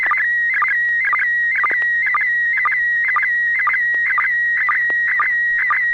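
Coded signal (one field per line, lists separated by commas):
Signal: SSTV (slow-scan television)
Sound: steady high warbling tone with a regular chirping dip about twice a second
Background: low mains hum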